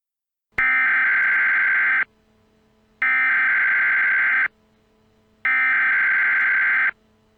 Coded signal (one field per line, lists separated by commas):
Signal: Emergency Alert System (SAME) tones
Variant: header bursts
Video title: EAS Senario- Shadow Demons